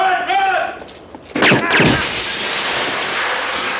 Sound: sounds of gunshots and glass shattering